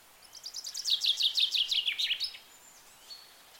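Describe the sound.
Bird singing one loud, fast series of high chirps that slides slightly downward, then a faint thin whistle afterward.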